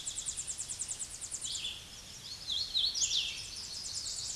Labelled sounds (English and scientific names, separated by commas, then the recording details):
Hooded Warbler (Setophaga citrina) song
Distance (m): 20 m
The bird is about 10 m above the microphone
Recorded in a Pennsylvania forest on 16 May 2024 at 08:13
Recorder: AudioMoth, point MSD-2429
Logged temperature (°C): 16.7 °C
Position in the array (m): 99 m, 92 m